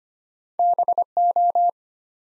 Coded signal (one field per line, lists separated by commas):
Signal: Morse code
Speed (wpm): 25 wpm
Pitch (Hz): 700 Hz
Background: none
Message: BO